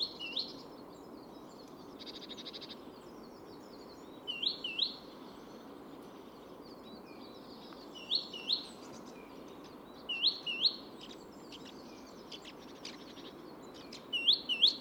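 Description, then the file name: Great tit calls: paired, sharply rising notes repeated every few seconds, with scattered faint ticking and chirps from other birds over a low steady hiss. "Parus major"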